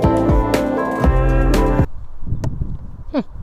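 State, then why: Seated. After the cord is threaded through the cut slot, the parcel shelf cord fitting is pushed into its holder in the car boot. Piano-like background music plays and stops around 1.9 s, followed by a single sharp click at 2.4 s. The fitting is fully seated.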